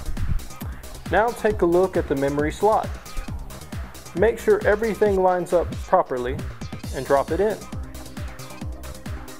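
A RAM module is lined up with a desktop motherboard DIMM slot, its notch aligned with the slot key, and set into the slot while someone talks over background music. A few brief handling knocks are heard, but the stick has not yet been pressed down, and nothing has seated or clicked yet.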